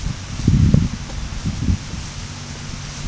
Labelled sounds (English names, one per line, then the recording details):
none
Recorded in pastures near Puerto Asís, Putumayo, Colombia, on 21 March 2025 at 12:30
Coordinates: 0.497, -76.327
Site G072